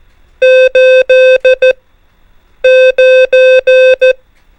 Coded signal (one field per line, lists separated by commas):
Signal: Morse code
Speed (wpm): 14 wpm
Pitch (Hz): 520 Hz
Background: music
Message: 8 9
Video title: MORSE CODE RUNNER NUMBERS ONLY | CW PRACTICE CODE